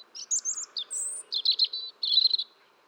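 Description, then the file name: European robin singing a fast, varied phrase of high, thin whistled notes and liquid trills that shift in pitch from one burst to the next. "Erithacus rubecula"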